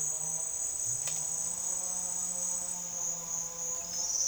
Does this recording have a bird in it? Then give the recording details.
no. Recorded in secondary vegetation near Puerto Asís, Putumayo, Colombia, on 30 June 2025 at 14:00. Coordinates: 0.485, -76.322. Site GP06